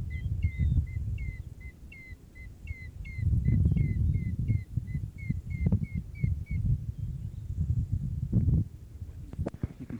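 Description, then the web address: Bird giving a long run of many brief whistled notes, evenly spaced, then falling silent; heavy low rumble and scattered clicks fill the background. "safari sounds Bird Sounds"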